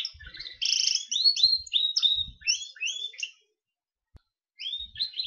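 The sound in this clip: Gloster canary song: varied notes and a rapid rolling trill, then a string of quick sweeping notes, a pause, then singing resumes.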